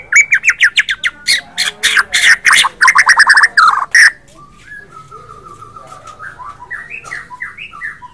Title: BEGINI JADINYA MURAI BATU JIKA DI PANCING DENGAN MASTERAN INI